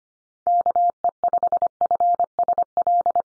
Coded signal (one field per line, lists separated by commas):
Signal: Morse code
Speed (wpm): 25 wpm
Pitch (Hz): 700 Hz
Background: none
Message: KE5FSL